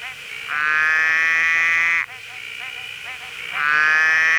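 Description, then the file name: Superb collared frog giving long, drawn-out harmonic bleats: one of about one and a half seconds and a second cut off at the end, with softer frog calling in the gap. "Cyclorana brevipes"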